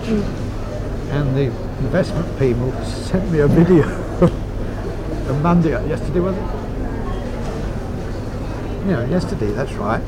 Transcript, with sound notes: Mhm.
And the investment people sent me a video, [laughs] on Monday, yesterday. Was it? Yeah, yesterday, that's right.